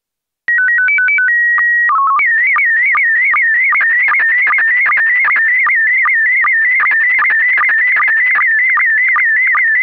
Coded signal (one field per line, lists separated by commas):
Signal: SSTV (slow-scan television)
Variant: PD 50